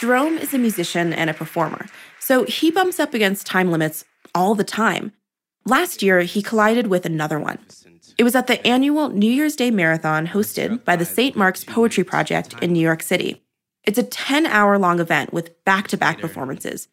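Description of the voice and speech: An adult woman narrates fluently and clearly at an even pace with natural pauses; her speech is typical.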